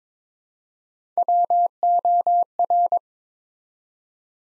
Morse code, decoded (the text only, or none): WOR